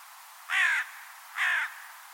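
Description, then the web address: Bird making two hoarse, slightly falling caws about a second apart against a quiet hiss. Bird only, 2025 bird data. "Deverinetal 2025 File origin Bird Only"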